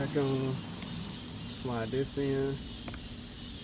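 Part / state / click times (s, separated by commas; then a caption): quick-connect fitting onto thermostat housing / seated / 2.9 s. During thermostat reassembly on a 2011–2017 Jeep Grand Cherokee, a quick-connect fitting is slid back onto the thermostat housing while someone talks. A single sharp click is heard at 2.9 s as the connector seats.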